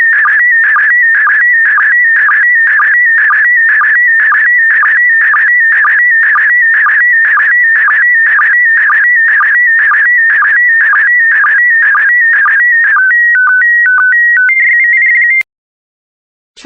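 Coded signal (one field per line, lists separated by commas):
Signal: SSTV (slow-scan television)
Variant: PD120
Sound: warbling tone jumping between pitches, with a short low chirp about twice a second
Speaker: get ready starting transmission in 5 4 3 2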